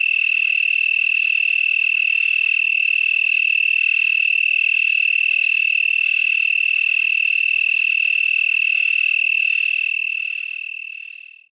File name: broad winged tree cricket